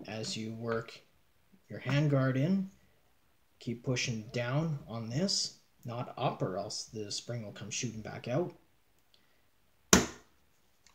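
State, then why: Partly seated. Someone talks while working the hand guard into its retainer on an SKS rifle barrel, pressing down against the spring rather than up so it won't shoot back out. A loud snap comes at 9.9 s, and the hand guard is only just about locked into place.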